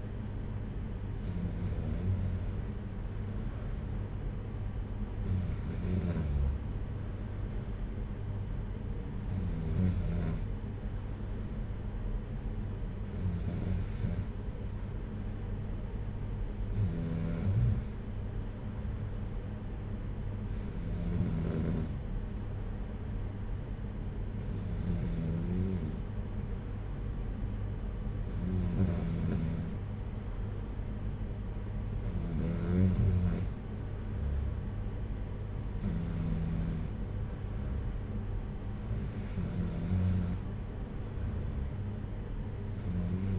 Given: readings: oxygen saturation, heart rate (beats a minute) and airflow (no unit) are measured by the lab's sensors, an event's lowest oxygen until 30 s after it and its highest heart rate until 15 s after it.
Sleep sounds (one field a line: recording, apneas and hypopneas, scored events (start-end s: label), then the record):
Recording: breathing in sleep by a smartphone at the bedside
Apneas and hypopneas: none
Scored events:
none scored
From the record:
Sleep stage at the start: N2 (light sleep)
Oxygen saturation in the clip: 93 to 94%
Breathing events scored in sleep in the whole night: 226 in 8.8 hours asleep